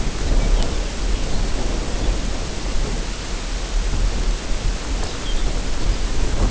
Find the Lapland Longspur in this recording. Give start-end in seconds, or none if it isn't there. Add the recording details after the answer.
0.20-0.84, 4.97-5.51. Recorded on Arctic tundra, site UTQI-0, on 14 June 2019. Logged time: 16:00